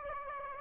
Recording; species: mosquito wingbeat signal from an infrared sensor; Aedes aegypti